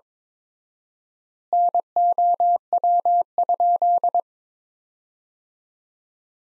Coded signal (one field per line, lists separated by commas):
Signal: Morse code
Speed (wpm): 22 wpm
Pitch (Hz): 700 Hz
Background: none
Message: NOW?